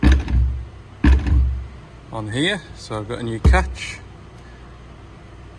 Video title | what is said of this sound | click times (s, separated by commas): Episode 46 - Mini digger Monday ! | the door doesn't latch | none